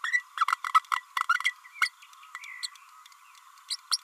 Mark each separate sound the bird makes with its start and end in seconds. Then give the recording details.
0.04-0.23, 0.37-0.45, 0.74-0.82, 1.29-1.34, 1.81-1.90, 2.63-2.67, 3.70-3.76, 3.91-3.98. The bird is a female. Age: 30 days. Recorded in a nest box in Venezuela. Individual 17B32A5